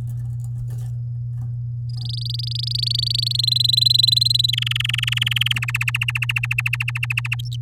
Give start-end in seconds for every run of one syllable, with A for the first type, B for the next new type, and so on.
1.89-3.33 A, 3.34-4.51 B, 4.53-5.53 C, 5.55-7.35 D